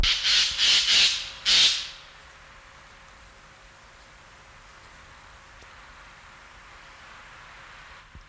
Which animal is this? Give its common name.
Eurasian Jay